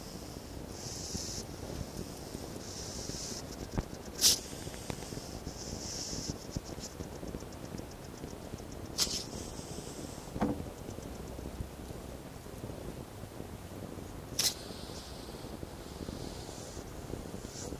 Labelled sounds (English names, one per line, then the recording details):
West European Hedgehog defence call
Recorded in captivity
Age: adult
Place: Zoologisches Institut der HUB, Berlin, DE
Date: 1954-12-18 11:15
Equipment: Elmetra
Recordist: TSA
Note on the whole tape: Abwehrlaut bei gleichzeitigem "Boxen"